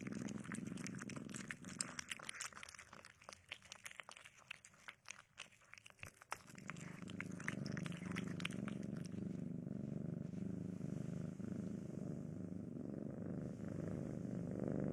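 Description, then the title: Cat purring, a steady low rumble that grows louder and continuous after about six seconds, preceded by soft crackling and rustling sounds. Domestic cat eating, sleeping and playing. "正经的猫片：猫咪进食、睡觉、玩耍的声音"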